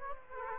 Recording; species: mosquito wingbeat signal from an infrared sensor; Aedes aegypti